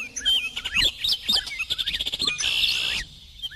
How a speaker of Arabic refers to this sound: العصافير والبلابل تقف على أغصاني وتغني للفلاح، ألا أعرفها؟ يا سلام، ما أجمل غناء الطيور.